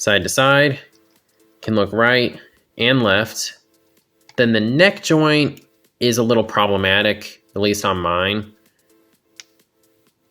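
Someone talks about the head of a plastic Transformers Studio Series 101 Rise of the Beasts Leader Scourge action figure, which sits on a neck ball joint. After the talking stops, the head is pulled down on the joint and snaps back up with a single sharp pop at 9.4 s. The joint pops back out of position and will not stay down.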